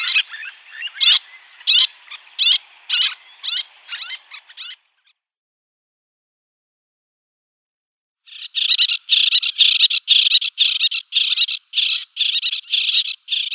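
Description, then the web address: Little tern giving sharp, high chattering calls: a bout of harsh notes for about five seconds, a silent gap, then a fast run of rasping kik notes. "Schulze Peter Little Tern"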